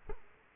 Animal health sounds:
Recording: mosquito wingbeat signal from an infrared sensor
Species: Culex quinquefasciatus

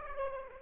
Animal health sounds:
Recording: mosquito wingbeat signal from an infrared sensor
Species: Aedes aegypti

